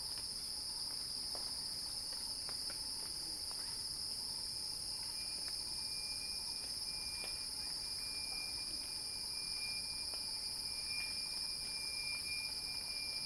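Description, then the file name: Cicadas keep up a level, piercing drone; a faint whistling tone comes and goes alongside light scattered ticks. Cicadas heard in a crescendo. "Axel-Drioli Cicada-Crescendo-Sounding-Wild"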